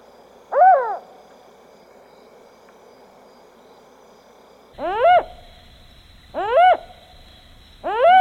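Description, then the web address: Black-and-white owl hooting, one rising-falling hoot followed after a long pause by three more at intervals of about a second and a half. Recorded in South America. "Natures Songs S America Black-And-White Owl"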